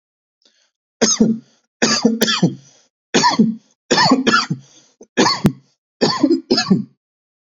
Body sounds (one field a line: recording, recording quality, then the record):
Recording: heavy voluntary cough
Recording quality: excellent, no background noise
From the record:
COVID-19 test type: RT-PCR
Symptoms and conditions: cough, cold, sore throat, fatigue, loss of smell and taste, chronic lung disease, pneumonia, hypertension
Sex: male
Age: 23 years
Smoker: no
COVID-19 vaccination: both doses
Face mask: not worn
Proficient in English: yes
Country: India